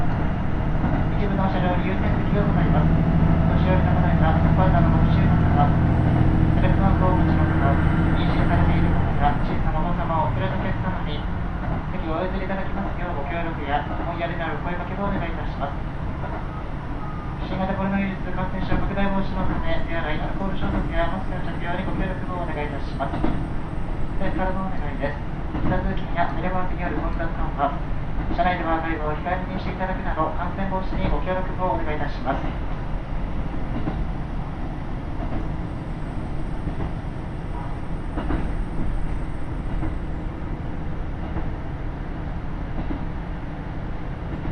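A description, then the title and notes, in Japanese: A KiHa 75 diesel railcar on the Taita Line, heard from the train as it runs from Minō-Ōta toward Tajimi. A heavy low engine drone dominates the first nine seconds, then eases into a steady rumble while a voice speaks from roughly 17 to 32 seconds. 耳で楽しむ鉄道旅 太多線 美濃太田→多治見キハ75。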